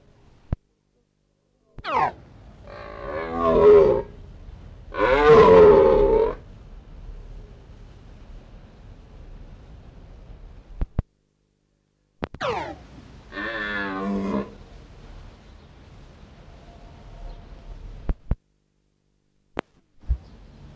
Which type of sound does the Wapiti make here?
rut call